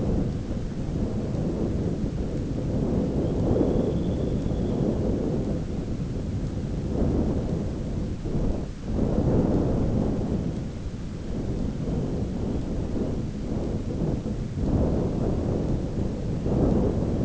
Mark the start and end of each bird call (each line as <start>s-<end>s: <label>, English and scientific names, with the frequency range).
3.15s-4.92s: Dunlin (Calidris alpina) (2.5-4.3 kHz)